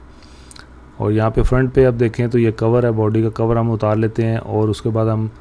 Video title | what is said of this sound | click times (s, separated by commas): Canon EOS M50 Mark II - Unboxing Setup, Review, and First Look - Urdu / Hindi | आप यहाँ से lock कर देंगे तो कैमरा आपका रेडी हो जाएगा। | 0.5 s, 0.6 s